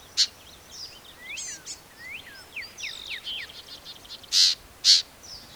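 Black-capped vireo song, a rapid run of varied, sweeping and slurred high notes, some rising, some falling, with a few loud short bursts at the start and end.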